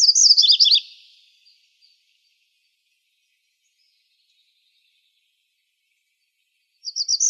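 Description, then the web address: MacGillivray's warbler song, a quick series of chipped notes dropping in pitch, then silence until the song begins again at the end. Recorded in Arizona on 17 May 2006. "Other Warblers AZFO MGWA deviche 051706"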